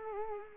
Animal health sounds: mosquito wingbeat signal from an infrared sensor; Culex pipiens

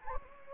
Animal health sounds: mosquito wingbeat signal from an infrared sensor; Anopheles gambiae

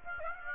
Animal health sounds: mosquito wingbeat signal from an infrared sensor; Aedes aegypti

